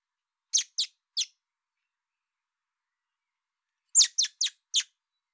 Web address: pub SETE data Turdus merula